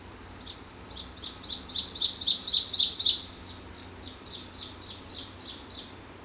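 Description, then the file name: Ovenbird singing a fast, ringing series of repeated phrases that grows louder to a loud climax, followed by a fainter similar series. "Ovenbird Seiurus aurocapilla"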